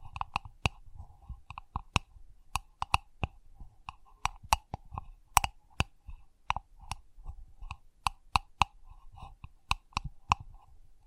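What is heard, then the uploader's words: Sensitive tapping: sharp, bright clicks land irregularly, about two or three per second, some in quick pairs. Between taps a soft, low rumble and faint mid-pitched rustling shift continuously underneath, with no pauses in the tapping across the whole stretch. Sensitive Tapping.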